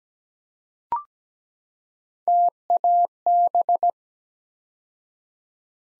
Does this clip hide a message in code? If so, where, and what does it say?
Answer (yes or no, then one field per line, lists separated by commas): yes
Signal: Morse code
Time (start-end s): 2.3-3.9 s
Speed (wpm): 17 wpm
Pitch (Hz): 700 Hz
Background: none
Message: TAB